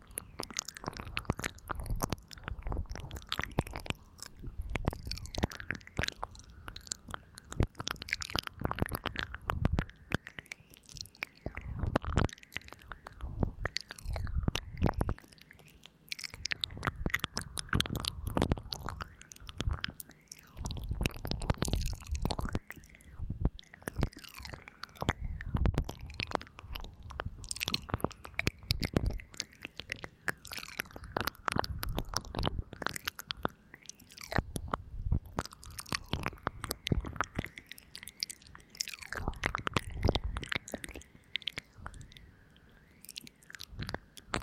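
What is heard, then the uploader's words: Wet ear-licking sounds repeat steadily for the whole stretch, soft smacks and squelches arriving every second or so at a slow, gentle pace. The sounds are moist, with no speech and only a quiet hush between them. 輕柔緩慢的舔耳 | 耳舐 | 口腔音 | Gently Ear Licking. 這次在聲音上換成二耳同時與重疊的感覺.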